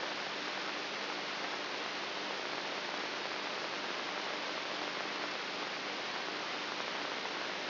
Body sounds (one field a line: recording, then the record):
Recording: brain microelectrode recording played as sound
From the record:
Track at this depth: inside the subthalamic nucleus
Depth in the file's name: 5.64 mm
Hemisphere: right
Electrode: 3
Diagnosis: Parkinson's disease